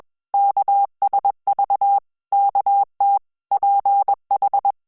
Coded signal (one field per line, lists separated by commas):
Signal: Morse code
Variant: Korean alphabet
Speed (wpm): 21 wpm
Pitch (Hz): 800 Hz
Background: none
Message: 열 어 주